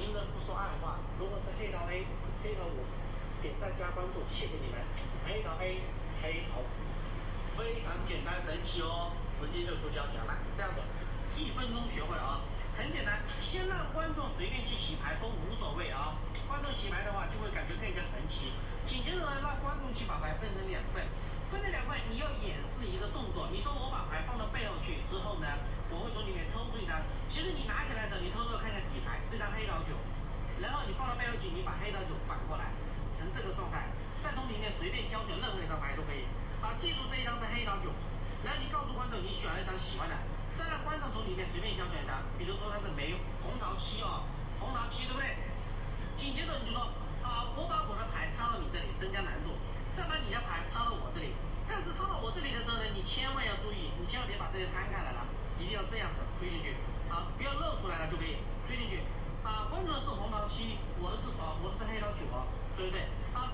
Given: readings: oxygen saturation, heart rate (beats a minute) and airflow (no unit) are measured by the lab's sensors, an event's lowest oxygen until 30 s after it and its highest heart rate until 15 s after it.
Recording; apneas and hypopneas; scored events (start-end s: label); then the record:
a person awake in a sleep study, by a smartphone at the bedside; none
0.00-63.54 s: awake
From the record:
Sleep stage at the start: awake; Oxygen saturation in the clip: 92 to 93%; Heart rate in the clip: 63 to 70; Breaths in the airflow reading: 20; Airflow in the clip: -4.2 to 4.6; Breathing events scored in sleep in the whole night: 476 in 9.7 hours asleep